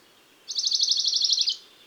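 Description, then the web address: Western Bonelli's warbler singing one even, buzzy trill of fast repeated notes, about a second long, over a quiet background. Recorded in June. "Juin Le Pouillot de bonelli. album les-4-saisons-des-chants-doiseaux"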